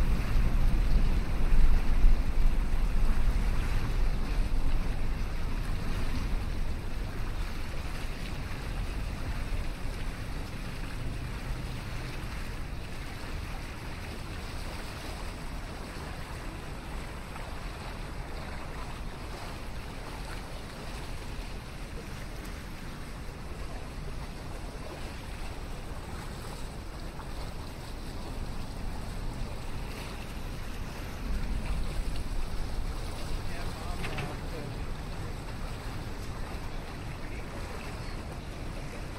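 A riverside city walk at sunrise: a steady low rumble and rushing wash throughout, louder in the first seconds and again around 31 seconds.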